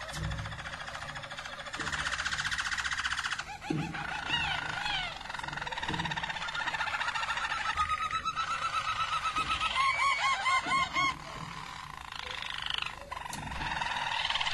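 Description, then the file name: Harz Roller canary singing steady rolling trills, broken by a few short noisy bursts, with a run of looped whistled notes in the second half. Harz Roller canary, described as a Belgian canary; its song. "canto do canario belga harz roller"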